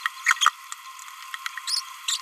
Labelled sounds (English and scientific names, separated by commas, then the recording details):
Green-rumped Parrotlet (Forpus passerinus) babbling
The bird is a male
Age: 27 days
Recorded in a nest box in Venezuela
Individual 17B31A2